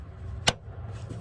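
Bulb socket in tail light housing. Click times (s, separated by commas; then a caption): 0.5 s. A tail light bulb socket on a 1990–1997 Mazda MX-5 Miata is inserted into the tail light housing with its wide tab in the wide slot and turned clockwise. A single sharp click at 0.5 s shows it has locked in place, over a low background hum. The socket is seated and stays in.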